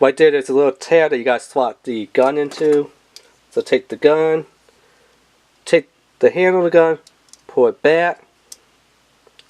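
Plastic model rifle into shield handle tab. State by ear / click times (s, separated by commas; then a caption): seated / 8.5 s. Someone talks while fitting the rifle of a plastic 1/144 High Grade Gundam Shining Break (BD 022) model kit into the small tab on its shield's flipped-down handle, then pulling the handle back. A sharp plastic click at 8.5 seconds marks the rifle locking in place on the shield handle.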